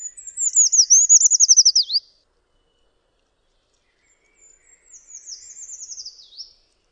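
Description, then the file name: Eurasian treecreeper giving two high, thin descending trills a few seconds apart, each ending in a small dip, the second one softer. "PELZACZLESNY"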